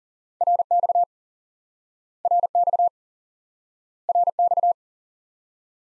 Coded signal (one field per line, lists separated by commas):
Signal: Morse code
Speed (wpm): 40 wpm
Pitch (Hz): 700 Hz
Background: none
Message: RX RX RX